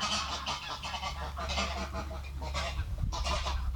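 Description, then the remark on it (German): Ducks squabble with a run of harsh, overlapping nasal calls in quick bursts, fairly loud and continuous, over a steady low rumble of wind on a very windy day. No one speaks. “Enten haben sich auch gestritten.”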